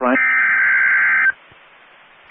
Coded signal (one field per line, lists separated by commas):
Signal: Emergency Alert System (SAME) tones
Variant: header bursts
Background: speech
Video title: Severe Thunderstorm Watch (EAS 1869) 5/31/22